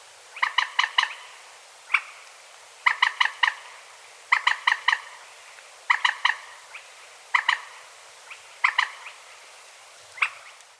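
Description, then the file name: Moorhen calls: sharp, clustered clucking notes in quick groups, repeated roughly every one and a half seconds. "Gallinula"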